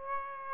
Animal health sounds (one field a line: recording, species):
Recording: mosquito wingbeat signal from an infrared sensor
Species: Aedes aegypti